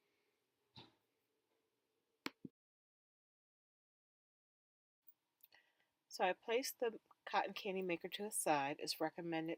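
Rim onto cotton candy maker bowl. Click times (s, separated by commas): 2.3 s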